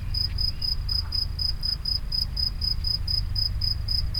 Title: Niévroz, Locusts near the Henri Bridge - Criquets vers le Pont Henri